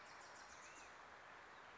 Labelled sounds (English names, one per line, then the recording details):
Black-headed Grosbeak
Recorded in Sonoma County, California